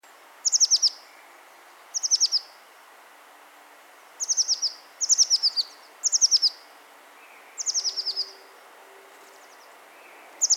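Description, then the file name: Eurasian blue tit giving quick clusters of high, thin, downslurred notes, each burst of four to six notes, repeated irregularly every one to three seconds over quiet background. "Cyanistes caeruleus"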